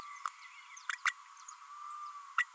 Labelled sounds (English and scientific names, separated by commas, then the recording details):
Green-rumped Parrotlet (Forpus passerinus) babbling
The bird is a female
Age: 32 days
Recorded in a nest box in Venezuela
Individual 17B32A5